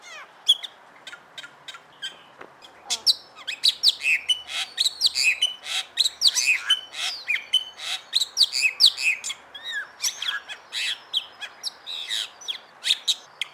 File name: suara jalak bali